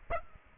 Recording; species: mosquito wingbeat signal from an infrared sensor; Aedes aegypti